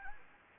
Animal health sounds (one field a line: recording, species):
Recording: mosquito wingbeat signal from an infrared sensor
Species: Anopheles gambiae